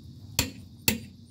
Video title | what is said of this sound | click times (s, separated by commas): Worx WX272L Nitro Impact Wrench Review pt. 2 | We heard our click, and | 0.4 s, 0.9 s